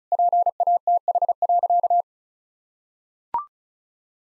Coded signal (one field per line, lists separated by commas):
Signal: Morse code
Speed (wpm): 34 wpm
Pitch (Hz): 700 Hz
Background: none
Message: PATH.